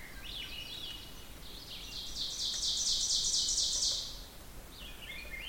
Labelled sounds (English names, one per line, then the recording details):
Ovenbird song
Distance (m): 20 m
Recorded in boreal forest in Alberta, Canada, on 16 June 2016 at 05:33
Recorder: SongMeter 3, array SBT-3-32
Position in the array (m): 127 m, 25 m
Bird 36